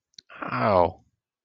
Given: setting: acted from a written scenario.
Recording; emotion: vocal sound without words; distress